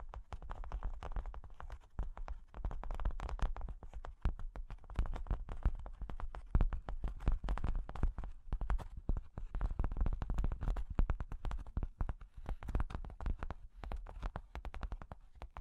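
Fingers tap, scratch and trace over cork and wood in a dense, busy stream of small clicks and knocks, with quick bursts clustering every second or so. The sounds are crisp with a soft low thump beneath, and stay fairly even throughout.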